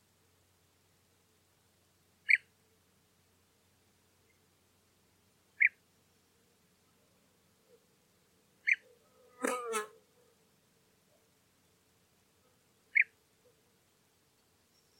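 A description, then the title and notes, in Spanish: Birdsong from corn buntings, little bustards and bee-eaters: short, sharp mid-pitched calls sound about every three to four seconds. Near ten seconds comes a louder, rough, crackling jangle lasting about a second. A faint low hum runs underneath. Primavera entre campos de cereales. A finales de Abril y con el verde de las primeras espigas de cereal podemos escuchar la alegría de los cantos del escribano triguero, el sisón, los abejarucos...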